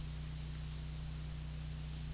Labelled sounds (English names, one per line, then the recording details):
none
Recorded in pastures near Puerto Asís, Putumayo, Colombia, on 19 March 2025 at 12:30
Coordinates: 0.505, -76.324
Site GP08